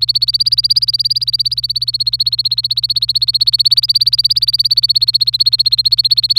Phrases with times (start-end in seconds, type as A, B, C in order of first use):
0.00-6.38 A